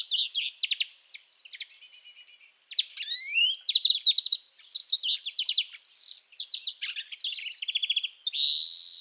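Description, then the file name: European greenfinch song of varied trilled phrases and quick twitters, with a rising slurred note early on and a drawn-out buzzy wheeze to finish. "Chloris chloris"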